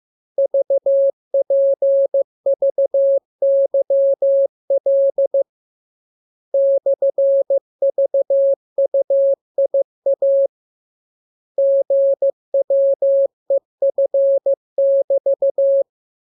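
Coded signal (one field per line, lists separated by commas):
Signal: Morse code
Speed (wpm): 15 wpm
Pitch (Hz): 550 Hz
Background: none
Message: VPVYL /VUIA GWEF<BT>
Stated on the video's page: Morse lesson 25 with the letters listed. Each radiogram starts with VVV and a section sign and ends with AR.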